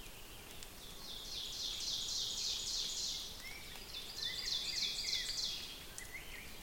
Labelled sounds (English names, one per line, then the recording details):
Ovenbird song
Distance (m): 65 m
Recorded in boreal forest in Alberta, Canada, on 5 June 2016 at 07:11
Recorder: SongMeter 3, array SBT-3-51
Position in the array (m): 212 m, 15 m
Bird 27